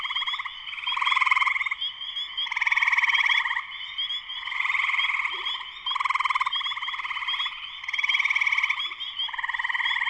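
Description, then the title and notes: Many spring peepers calling at once, shrill peeping held steady beneath surging, rapidly pulsed trill bursts. Full chorus shortly after sunset in Sleeping Bear Dunes National Lakeshore, northern Michigan, USA. "Spring peepers (chorus frogs) in concert. Spring peepers (chorus frogs) in full chorus shortly after sunset in the Sleeping Bear Dunes National Lakeshore in northern Michigan, USA. Recorded by Darrin Wassom. Part of the Music for Sleep project"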